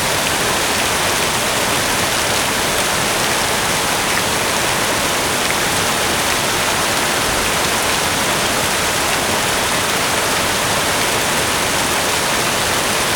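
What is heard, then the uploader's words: A public fountain splashes in a steady, dense, unbroken hiss of falling water, bright and crisp, with no pauses or other sounds. Crisp and Sparkling Public Fountain.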